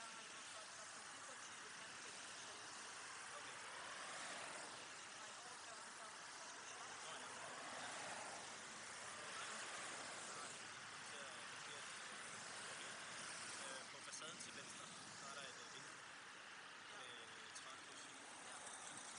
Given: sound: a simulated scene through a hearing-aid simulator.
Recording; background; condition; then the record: conversation; traffic; -6 dB SNR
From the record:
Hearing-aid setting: anchor resembling a broken hearing aid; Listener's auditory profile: D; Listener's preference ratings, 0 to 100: 1, 0, 0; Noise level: 75 dB SPL